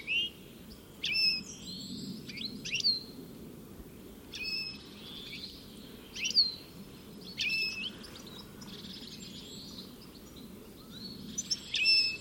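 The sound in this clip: Bird calls: short clusters of bright, high chirps recurring throughout, separated by quiet gaps, over a soft continuous low hum.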